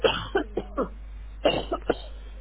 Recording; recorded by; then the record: voluntary cough; telephone call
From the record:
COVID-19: positive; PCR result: checked with the laboratory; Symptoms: yes